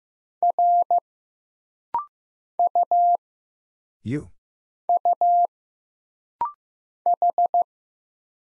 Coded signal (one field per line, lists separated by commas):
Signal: Morse code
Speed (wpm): 15 wpm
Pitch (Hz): 700 Hz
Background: none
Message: R U U H